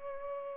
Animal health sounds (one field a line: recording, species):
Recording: mosquito wingbeat signal from an infrared sensor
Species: Culex pipiens